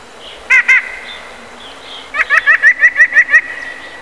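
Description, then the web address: Eurasian jay giving two nasal notes, then a steady run of eight evenly spaced pulsed notes, each with a bright harmonic tone. "peene na ptici soika"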